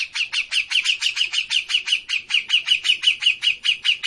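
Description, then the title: Grey-cheeked bulbul repeating quick, slightly buzzy chirps in an even, rapid rhythm throughout. Bird-training master recording of an actively singing (gacor) cucak jenggot. "Cucak Jenggot Gacor. Masteran burung cucak jenggot ! Suaka burung"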